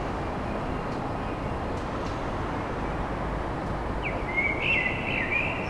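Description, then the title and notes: Common blackbird singing one short fluty phrase near the end, rising into a brief twittering flourish, over constant low traffic-like roar. Song at dawn in Paris, France. "Enregistrement d'un chant de merle à l'aube dans Paris"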